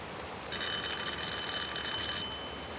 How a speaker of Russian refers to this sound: Стоя под проливным дождем, я при тусклом свете фонаря отыскал под фамильной дощечкой звонок и нажал кнопку.